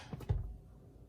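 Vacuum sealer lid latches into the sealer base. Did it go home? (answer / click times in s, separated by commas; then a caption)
no / none. A GERYON E2900-MS countertop vacuum sealer's plastic lid is handled over its base: a couple of short knocks at about 0.2 s and 0.3 s, then quiet. The pressure-point latches on each side have not clicked shut yet, and nothing has seated.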